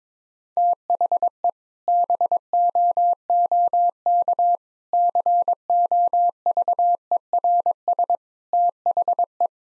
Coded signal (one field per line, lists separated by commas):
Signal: Morse code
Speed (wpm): 22 wpm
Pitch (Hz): 700 Hz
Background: none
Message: THE BOOK COVERS THE